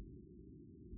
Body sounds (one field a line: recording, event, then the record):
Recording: neck accelerometer signal played as sound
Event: no cough (speech, laughter, throat clearing or background)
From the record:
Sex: male